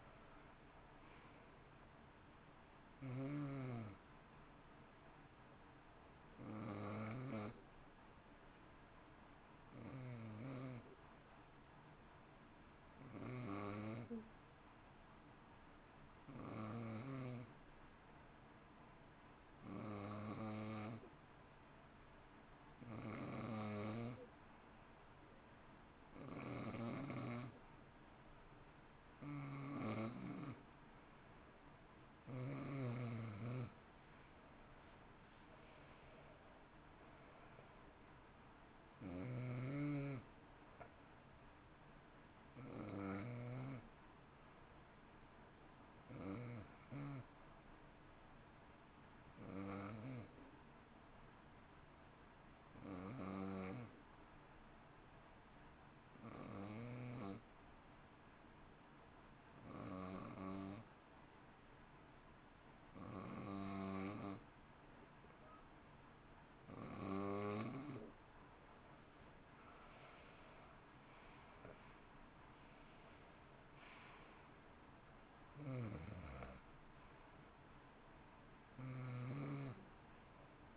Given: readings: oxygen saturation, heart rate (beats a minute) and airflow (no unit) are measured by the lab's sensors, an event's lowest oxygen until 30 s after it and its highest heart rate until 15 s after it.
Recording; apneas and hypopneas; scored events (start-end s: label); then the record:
breathing in sleep by a voice recorder at the bedside; 2
8.00-30.00 s: hypopnea (N2, oxygen 93% highest, then 89% lowest, heart rate 57 at the start, 67 highest)
30.00-80.77 s: new sleep stage, N1 (lightest sleep)
46.00-69.10 s: hypopnea (N1, oxygen 93% highest, then 88% lowest, heart rate 58 at the start, 67 highest)
From the record:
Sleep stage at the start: N2 (light sleep); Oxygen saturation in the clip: 88 to 93%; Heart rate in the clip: 55 to 67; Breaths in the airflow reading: 25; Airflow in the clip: -13.6 to 13.4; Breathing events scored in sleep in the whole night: 328 in 6.3 hours asleep